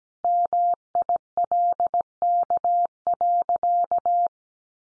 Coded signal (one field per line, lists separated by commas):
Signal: Morse code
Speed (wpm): 17 wpm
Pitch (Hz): 700 Hz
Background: none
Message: MILK.